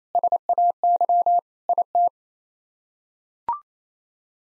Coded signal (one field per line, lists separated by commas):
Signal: Morse code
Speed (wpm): 28 wpm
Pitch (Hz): 700 Hz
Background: none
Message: SAY IT